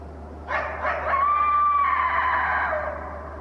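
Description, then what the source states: Coyote howling: a few brief yips, then a long, steady howl that slowly falls in pitch and fades, over a low steady hum. A lone coyote, recorded at 18:40 on 28 January 2012.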